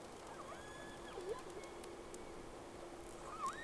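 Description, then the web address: Whale calls as short rising and falling whistled sweeps, a few scattered notes over a steady hum and faint clicks. Two whales, recorded 3 October 2006. "Sea Snake 10-3-06 Whales X 2"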